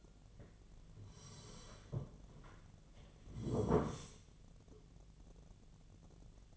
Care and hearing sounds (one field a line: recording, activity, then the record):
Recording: daily activity, microphone in the room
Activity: sit down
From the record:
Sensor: 4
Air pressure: 1008.7 hPa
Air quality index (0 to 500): 170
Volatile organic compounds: 5 ppm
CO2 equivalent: 1710 ppm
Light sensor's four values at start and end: 23/72/27/26 and 23/72/27/26